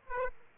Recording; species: mosquito wingbeat signal from an infrared sensor; Aedes aegypti